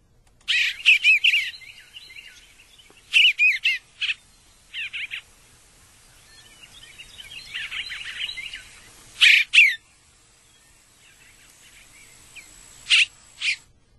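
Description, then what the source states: Eastern Bluebird song: short bursts of chirpy, warbled notes in separate phrases a few seconds apart, with quieter chattering between them. Song described as 'cheer, cheerful charmer', said fast.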